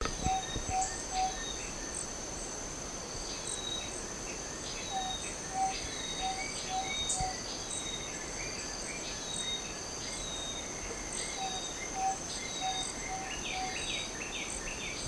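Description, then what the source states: Fluffy-backed tit-babbler giving low, hollow notes in runs of three or four, repeated a few times amid a steady insect drone and other birds' chirps and whistles. Recorded on 1 May 2007.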